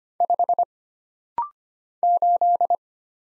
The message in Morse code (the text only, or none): 5 8